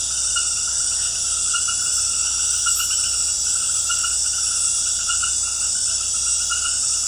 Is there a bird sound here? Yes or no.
no